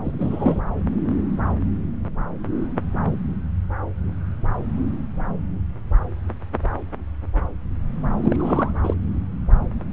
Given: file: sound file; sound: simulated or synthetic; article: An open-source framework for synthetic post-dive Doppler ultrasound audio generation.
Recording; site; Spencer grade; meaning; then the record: Doppler ultrasound audio after a dive; subclavian; 2; Many but less than half of the cardiac periods contain bubble signals, singularly or in groups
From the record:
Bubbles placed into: full cardiac cycles